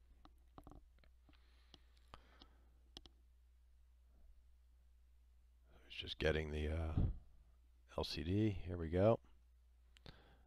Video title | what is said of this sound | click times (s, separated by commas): Ipad Air LTE Broken Screen Repair and Disassembly | be blocking when we do this but you'll feel it you can feel it click in once it's in there correctly was | 3.0 s